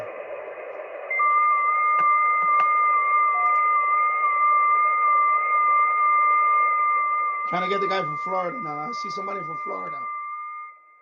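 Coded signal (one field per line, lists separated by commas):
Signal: FT8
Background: speech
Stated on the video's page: FT8 on 6 meters during a band opening, heard on a live stream.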